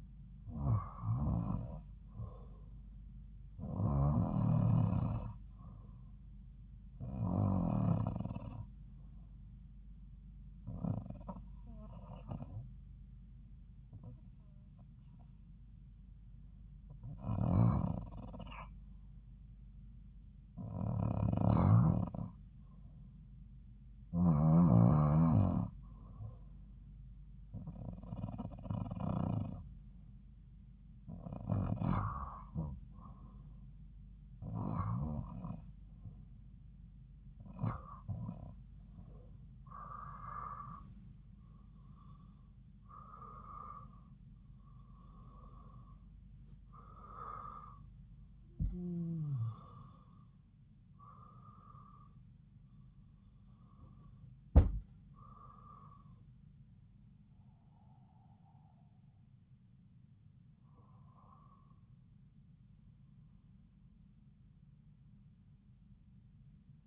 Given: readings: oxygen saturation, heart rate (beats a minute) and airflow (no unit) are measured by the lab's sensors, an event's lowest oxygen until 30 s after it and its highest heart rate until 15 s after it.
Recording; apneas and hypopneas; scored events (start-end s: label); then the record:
breathing in sleep by a smartphone at the bedside; 1
9.00-25.20 s: hypopnea (REM, oxygen 92% highest, then 89% lowest)
From the record:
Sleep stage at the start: REM sleep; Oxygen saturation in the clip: 84 to 95%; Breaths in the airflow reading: 17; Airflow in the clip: -6.1 to 7.2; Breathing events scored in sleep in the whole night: 270 in 6.1 hours asleep